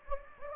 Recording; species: mosquito wingbeat signal from an infrared sensor; Anopheles gambiae